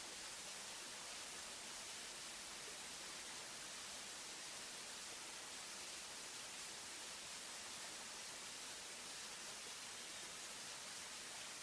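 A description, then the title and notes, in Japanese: A waterfall near a shrine roars without pause, a dense, even hiss that is strongest in the upper range and thinner in the lows. The sound holds steady for the whole twelve seconds with no separate events or other sounds standing out. 出雲の国、八雲瀧 waterfall in Izumo。出雲の神社近くにある瀧です。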